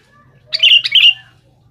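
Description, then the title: Sooty-headed bulbul song: a brief bubbly phrase of two or three quick liquid notes, over a faint low hum. "Kutilang"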